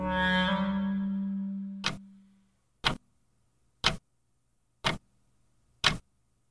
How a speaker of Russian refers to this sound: «Какая же это музыка?» — скажет, возможно, какой-нибудь слушатель. «Ни мелодии, ни красивых соотношений звуков, одни щелчки». На самом деле эти щелчки, простое тиканье часов, измеряющих время, очень музыкальны.